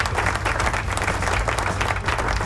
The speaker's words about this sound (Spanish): ¡Aplausos! ¿Dónde están los aplausos? Tírame los aplausos ahí.